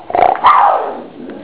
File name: cougar